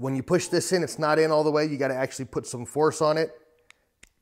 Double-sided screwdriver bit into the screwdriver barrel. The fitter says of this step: and it pops in and that locks into place so I can hold it even by that